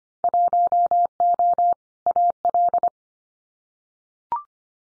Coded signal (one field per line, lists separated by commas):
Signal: Morse code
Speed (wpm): 25 wpm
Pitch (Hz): 700 Hz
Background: none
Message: 1O AL